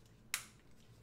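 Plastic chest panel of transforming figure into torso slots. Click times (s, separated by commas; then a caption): 0.3 s. During transformation of a Beast Wars Masterpiece Optimus Primal plastic action figure, the chest panel is connected into two torso slots and pushed together. A single sharp, bright click at 0.3 s rises well above an otherwise quiet background and fades quickly. The chest panel locks into place.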